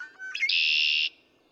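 Red-winged Blackbird song: a few short clipped introductory notes followed by a loud, harsh buzzy trill held for about half a second.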